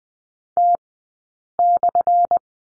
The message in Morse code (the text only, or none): T/